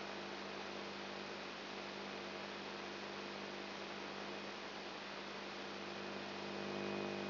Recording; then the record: brain microelectrode recording played as sound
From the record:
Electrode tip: outside the subthalamic nucleus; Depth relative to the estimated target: 4 mm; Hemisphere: right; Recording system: AlphaMap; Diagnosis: Parkinson's disease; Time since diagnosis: 7 years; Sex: female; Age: 55 years